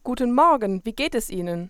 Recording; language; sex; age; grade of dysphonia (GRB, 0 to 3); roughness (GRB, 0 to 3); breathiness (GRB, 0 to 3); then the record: spoken sentence; German; female; 20 to 29 years; 0; 0; 0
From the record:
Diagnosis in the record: healthy voice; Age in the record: 21 years